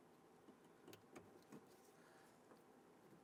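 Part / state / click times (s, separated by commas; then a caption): wiring harness connector into door lock actuator / not seated / none. Electrical connectors on the wiring harness are handled while being pushed toward the new front door lock actuator inside the door of a 2006-2014 Honda Ridgeline truck. Soft plastic handling ticks, the sharpest near 0.9 and 1.2 seconds, sit over a steady low background hiss. Nothing has snapped into place or seated yet.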